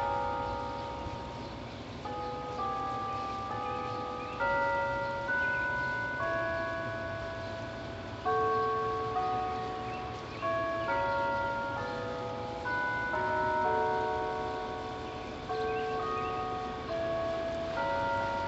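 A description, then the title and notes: Church bells chime in a steady, overlapping peal, each new strike arriving every second or so and ringing on as the next one sounds. The tones sit in a bright middle range, with a low rumbling murmur underneath throughout. Church Bells Chime.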